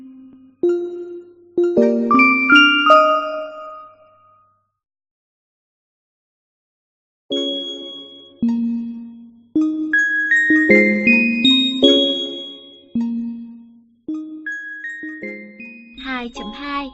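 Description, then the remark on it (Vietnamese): A café door chime rings as the first customer arrives on a day of heavy rain, playing a long melodic run of clear, ringing bell tones in two bursts separated by a few seconds of silence, the notes overlapping and decaying, ending with a brief high tinkle. “Đinh dong.”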